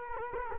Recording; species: mosquito wingbeat signal from an infrared sensor; Culex quinquefasciatus